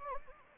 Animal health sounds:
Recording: mosquito wingbeat signal from an infrared sensor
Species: Anopheles gambiae

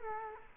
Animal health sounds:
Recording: mosquito wingbeat signal from an infrared sensor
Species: Culex quinquefasciatus

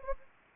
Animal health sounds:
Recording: mosquito wingbeat signal from an infrared sensor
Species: Anopheles gambiae

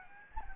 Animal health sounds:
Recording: mosquito wingbeat signal from an infrared sensor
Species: Anopheles gambiae

